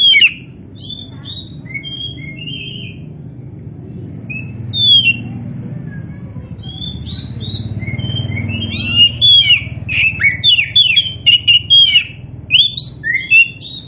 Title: Kacer Poci Gacor